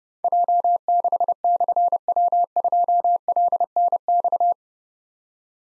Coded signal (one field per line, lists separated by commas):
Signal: Morse code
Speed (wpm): 30 wpm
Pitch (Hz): 700 Hz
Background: none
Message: J6/W2LNX